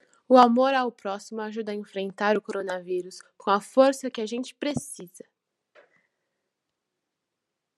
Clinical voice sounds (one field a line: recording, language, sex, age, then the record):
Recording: spoken sentence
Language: Brazilian Portuguese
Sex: female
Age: 18 to 19 years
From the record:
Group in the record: control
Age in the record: 18 years